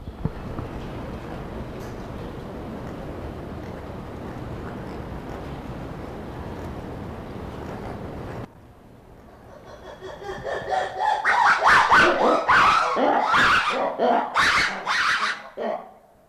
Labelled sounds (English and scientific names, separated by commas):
Black-and-white Ruffed Lemur (Varecia variegata)